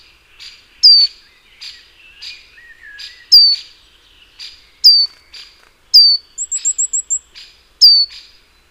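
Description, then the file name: Great tit calls: sharp, high, downslurred notes repeated every second or two, with a quick series of thin high notes near the end and softer bird calls beneath. "Parus major"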